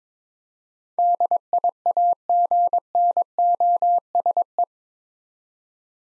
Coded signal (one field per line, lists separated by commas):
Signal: Morse code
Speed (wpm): 21 wpm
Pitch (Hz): 700 Hz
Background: none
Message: DIAGNOSE